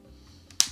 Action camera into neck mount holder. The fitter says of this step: It's got to be straight up and down, otherwise it doesn't snap in.